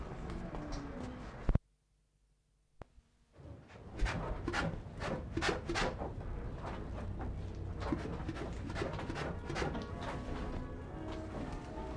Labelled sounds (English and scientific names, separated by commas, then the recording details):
Polar Bear (Ursus maritimus)
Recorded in captivity
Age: adult
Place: Zirkus Aeros, Berlin, DE
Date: 1960-06-27 18:00
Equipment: Reporter (Vollspur)
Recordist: Tembrock, Günter